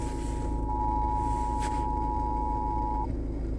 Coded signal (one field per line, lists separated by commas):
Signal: Emergency Alert System (SAME) tones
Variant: 853 and 960 Hz attention tone